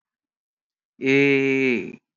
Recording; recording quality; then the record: sustained vowel as in made; excellent, no background noise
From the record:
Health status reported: exposed to COVID-19, no respiratory illness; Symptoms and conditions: hypertension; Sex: male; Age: 25 years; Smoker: not ticked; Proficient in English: yes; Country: India